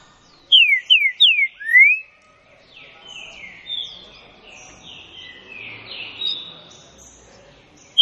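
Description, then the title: Green-winged saltator song: three bright descending whistles and a rising one near the start, followed by quieter buzzy notes. Classic song style (canto clássico); used for training. "Canto Clássico Trinca Ferro TREINAMENTO"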